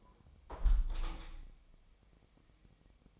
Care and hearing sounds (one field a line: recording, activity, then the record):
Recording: daily activity, microphone in the room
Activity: close window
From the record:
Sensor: 1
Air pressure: 1014.9 hPa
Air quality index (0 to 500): 39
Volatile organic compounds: 1 ppm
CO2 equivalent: 594 ppm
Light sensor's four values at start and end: 10/25/10/11 and 10/25/10/11